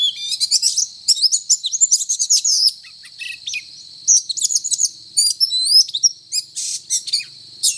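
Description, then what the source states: Oriental magpie-robin song: a busy run of bright, varied whistles and chirps, briefly pausing midway before resuming with sweeping notes. Indonesian name kacer; described as gacor, meaning singing energetically and incessantly.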